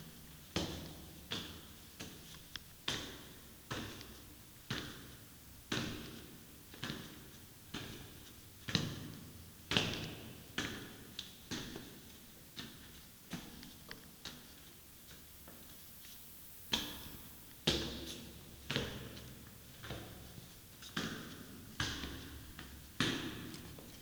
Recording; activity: daily activity, guitar pickup as the sensor; go downstairs